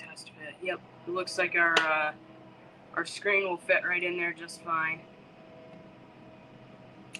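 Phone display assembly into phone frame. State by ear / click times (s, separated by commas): seated / 7.2 s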